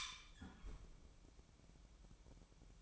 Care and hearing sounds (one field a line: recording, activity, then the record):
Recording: daily activity, microphone in the room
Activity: close fridge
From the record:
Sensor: 1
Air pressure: 1007.9 hPa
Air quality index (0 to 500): 100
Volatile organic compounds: 1 ppm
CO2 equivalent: 854 ppm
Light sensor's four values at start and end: 12/29/12/14 and 12/30/12/14